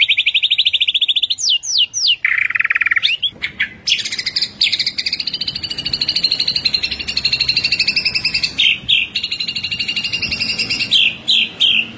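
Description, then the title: White-rumped shama song: a high rolling trill, a few steep slurred notes, a lower buzzy trill, then a long continuous high rolling trill with brief breaks. Masteran (training) track; full ngerol and nembak song styles. "Masteran Murai Batu Full Ngerol Nembak"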